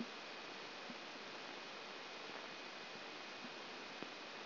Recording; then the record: brain microelectrode recording played as sound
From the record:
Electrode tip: outside the subthalamic nucleus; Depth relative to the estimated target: 4 mm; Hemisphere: left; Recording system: AlphaMap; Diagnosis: Parkinson's disease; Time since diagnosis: 14 years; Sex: male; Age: 56 years